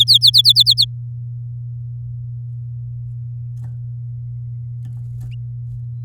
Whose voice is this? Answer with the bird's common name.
Domestic Canary